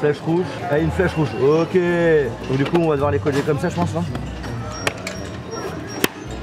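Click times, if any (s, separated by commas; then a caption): 6.0 s. Someone talks over background music while aligning a round plastic body part of a toy droid kit by its red arrow and pressing and twisting it onto the motor section. A sharp click at 6.0 s marks the part clipping home, seated and properly turned.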